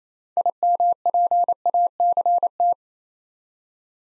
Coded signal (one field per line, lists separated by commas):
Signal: Morse code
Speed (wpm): 29 wpm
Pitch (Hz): 700 Hz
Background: none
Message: IMPACT